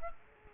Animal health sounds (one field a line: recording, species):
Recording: mosquito wingbeat signal from an infrared sensor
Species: Culex quinquefasciatus